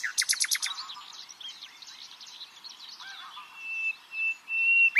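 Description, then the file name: Common nightingale song opening with a rapid series of loud notes, then a soft jumble of twittering, ending in long pure high whistles that swell and fade. "Luscinia megarhynchos"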